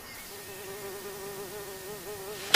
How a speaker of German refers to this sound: Diese Wespen.